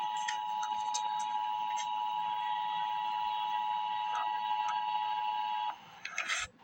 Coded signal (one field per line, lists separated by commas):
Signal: Emergency Alert System (SAME) tones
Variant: 853 and 960 Hz attention tone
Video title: EAS Update - Wind Advisory - Dec 29, 2024 at 4:33 PM EST